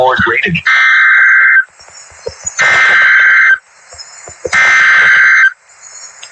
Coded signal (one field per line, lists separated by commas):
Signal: Emergency Alert System (SAME) tones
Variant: header bursts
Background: speech